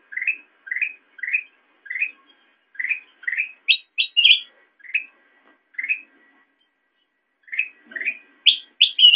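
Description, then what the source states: Sooty-headed bulbul calling with runs of brief rising chirps about every half second, broken by louder, higher slurred notes in the middle and at the end. Recording made for training songbirds (masteran).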